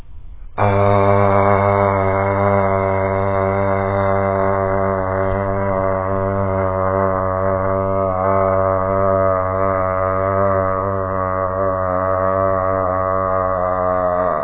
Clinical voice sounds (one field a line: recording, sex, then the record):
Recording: sustained vowel /a/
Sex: male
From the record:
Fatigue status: no fatigue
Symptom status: symptomatic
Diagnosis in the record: COVID-19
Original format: 3gp